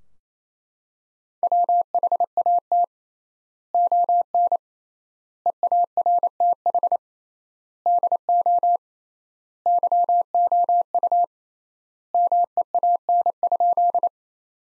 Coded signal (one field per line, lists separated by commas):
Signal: Morse code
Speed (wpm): 27 wpm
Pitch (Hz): 700 Hz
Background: none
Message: WHAT ON EARTH DO YOU MEAN?